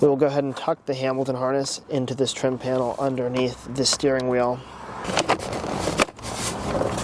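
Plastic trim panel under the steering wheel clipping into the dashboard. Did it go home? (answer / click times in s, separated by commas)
yes / 5.2 s, 6.0 s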